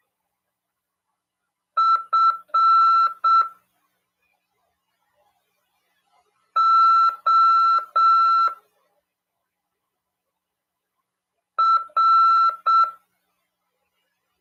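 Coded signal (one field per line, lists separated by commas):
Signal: Morse code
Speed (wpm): 7 wpm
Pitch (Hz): 1340 Hz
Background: none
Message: F O R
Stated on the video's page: Amateur radio class on CW over 146.410 MHz.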